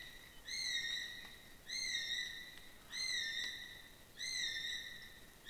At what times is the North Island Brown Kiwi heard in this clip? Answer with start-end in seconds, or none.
0.00-5.49